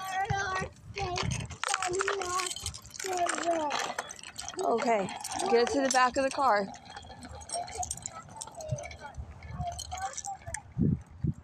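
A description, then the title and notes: A high child's voice talks almost continuously in short, lively phrases while a bike rattles and clinks over pavement. Low rumbling swells underneath, with a heavier passing rumble near the end, like a car going by on the road. I took my son to ride his bike. Listen to cars driving by, a bike against the pavement and talking.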